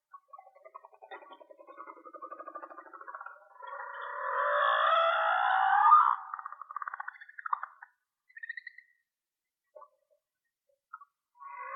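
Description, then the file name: Whale song: rapid pulsed clicking buzz leads into a long, loud, wavering harmonic wail, followed by scattered short pulses and faint chirps. "Whale Song-colin"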